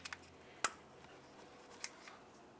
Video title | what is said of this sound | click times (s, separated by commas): How to Replace Ignition Coil 2005-2010 Dodge Dakota | slide that into place and listen for a click | 0.7 s